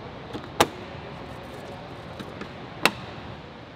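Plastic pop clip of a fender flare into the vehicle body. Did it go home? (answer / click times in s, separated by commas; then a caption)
yes / 0.6 s, 2.9 s. The plastic pop clips of a fender flare are pressed into the body holes while the flare is reinstalled on a 2019+ Ford Ranger 2.3L EcoBoost during a snorkel installation. Two sharp clicks are heard at 0.6 s and 2.9 s over low background noise, with a few fainter taps between them. The clips snap in and the fender flare is seated.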